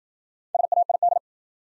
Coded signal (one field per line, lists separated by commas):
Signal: Morse code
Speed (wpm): 53 wpm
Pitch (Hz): 700 Hz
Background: none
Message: SAID